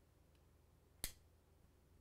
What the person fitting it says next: That was the click, and then we're going to go test twice.